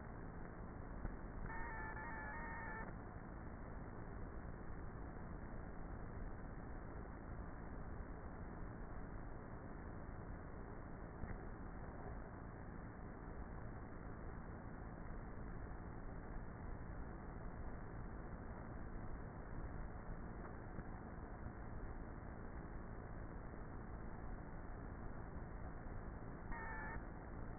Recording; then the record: honeybee colony, microphone inside the hive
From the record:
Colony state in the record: queenless with a low population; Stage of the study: before two queens were removed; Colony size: about 30,000 bees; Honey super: no